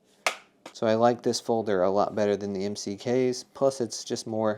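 A folding brace on a Recover Tactical 20/20N polymer and metal Glock pistol chassis is lifted slightly and pulled out of its locked position, giving a loud, sharp click at 0.3 s as it unlatches. This brace clicks into place, unlike the one on another chassis. Afterward, someone talks.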